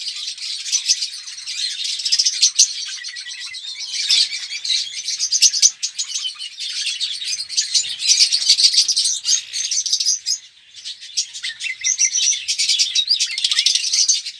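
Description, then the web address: Red-rumped parrot song: steady, high twittering and chirruping, many quick notes in a lively stream, briefly thinning once before resuming. "pevcii-popugai parrots psephotus-haematonotus"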